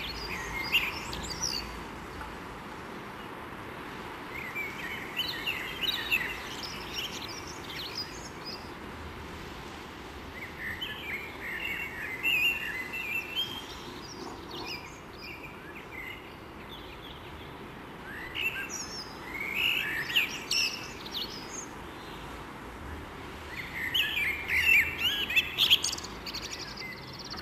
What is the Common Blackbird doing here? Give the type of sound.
song